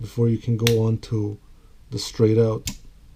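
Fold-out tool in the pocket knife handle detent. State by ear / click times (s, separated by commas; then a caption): not seated / none. Someone talks while handling the fold-out tool in the handle of a Victorinox Swiss army pocket knife, which swings open toward a metal-on-metal intermediate detent stop before its straight-out position. A few brief handling noises sit between the words. Nothing has seated or clicked yet, and the clip ends just before the tool goes home.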